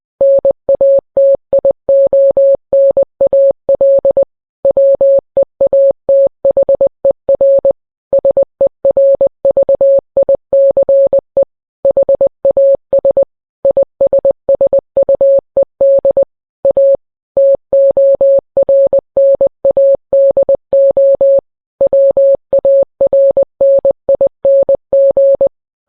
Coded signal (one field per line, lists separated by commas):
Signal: Morse code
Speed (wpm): 20 wpm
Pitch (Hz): 550 Hz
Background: none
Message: NATIONAL WEATHER SERVICE HAS ISSUED A TORNADO WARNING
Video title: NWS Radio Morse code